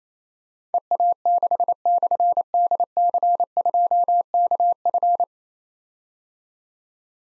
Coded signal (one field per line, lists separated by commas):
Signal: Morse code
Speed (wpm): 27 wpm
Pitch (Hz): 700 Hz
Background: none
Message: EA6/DC2KF